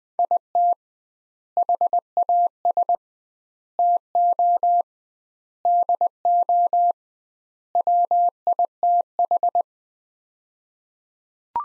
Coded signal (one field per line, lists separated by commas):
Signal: Morse code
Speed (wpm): 20 wpm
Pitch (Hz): 700 Hz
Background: none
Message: IT HAS TO DO WITH